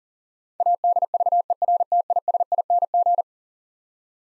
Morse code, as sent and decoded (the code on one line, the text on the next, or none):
.- -.. ...- . .-. - .. ... .. -. --.
ADVERTISING